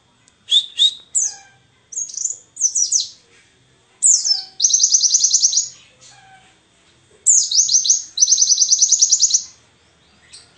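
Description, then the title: High, clipped white-eye phrases: quick downslurred chirps lead into two fast buzzy trills, with short silences between. Wild-type ('ngalas') white-eye song filler ('isian') used as a tutor recording (masteran) for training songbirds. "mster Mnuk. Pleci ngalas isian untuk masteran"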